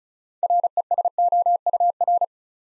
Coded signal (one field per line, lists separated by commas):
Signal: Morse code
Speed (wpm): 36 wpm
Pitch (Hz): 700 Hz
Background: none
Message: RESOUR